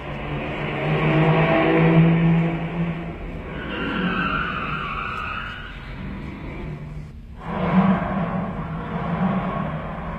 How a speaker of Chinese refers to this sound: 汽车又开走了，大家松了一口气。